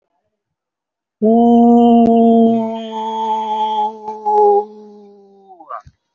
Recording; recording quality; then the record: sustained vowel as in boot; excellent, no background noise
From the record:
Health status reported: recovered from COVID-19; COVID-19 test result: positive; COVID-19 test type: RT-PCR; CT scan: not taken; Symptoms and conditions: cough, cold, breathing difficulty, sore throat, chronic lung disease, pneumonia, another respiratory illness, another condition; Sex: male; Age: 76 years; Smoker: yes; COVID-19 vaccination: one dose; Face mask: worn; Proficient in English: no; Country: India